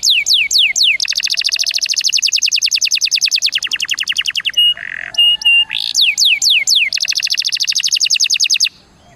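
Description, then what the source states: Canary song with falling whistles leading into long rapid trills, a short pause with nasal notes, then more whistles and trills. Canary song in the cengkok mewah (ornate) song style.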